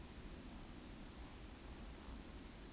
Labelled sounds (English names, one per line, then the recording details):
Eurasian Woodcock whistle
Eurasian Woodcock croak
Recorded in Baden-Württemberg, Germany, on 9 June 2021 at 20:15 UTC
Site 25175, 602 m above sea level